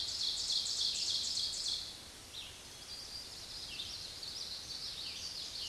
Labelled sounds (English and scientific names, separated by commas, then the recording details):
Ovenbird (Seiurus aurocapilla) song
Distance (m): 40 m
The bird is about 10 m above the microphone
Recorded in a Pennsylvania forest on 16 May 2024 at 06:32
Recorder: AudioMoth, point MSD-1539
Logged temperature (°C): 16.0 °C
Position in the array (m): 135 m, 5 m